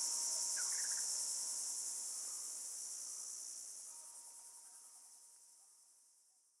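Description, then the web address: Crickets chirp in a high continuous chorus that gradually fades away, with a few faint bird notes and a low ringing chime tone. Australian bush, with tropical birds. "Australian Nature Sounds - Crickets Tropical Birds Morning Birds Bird Calls"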